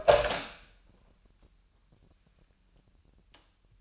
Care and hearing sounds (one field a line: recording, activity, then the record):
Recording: daily activity, microphone in the room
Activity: open door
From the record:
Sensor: 2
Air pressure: 998.3 hPa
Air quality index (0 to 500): 136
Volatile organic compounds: 4 ppm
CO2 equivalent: 1547 ppm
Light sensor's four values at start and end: 12/36/14/14 and 12/36/14/14